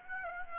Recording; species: mosquito wingbeat signal from an infrared sensor; Aedes aegypti